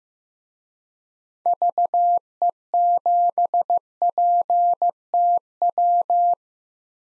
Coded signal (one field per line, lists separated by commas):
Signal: Morse code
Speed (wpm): 15 wpm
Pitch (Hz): 700 Hz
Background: none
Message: VE7PTW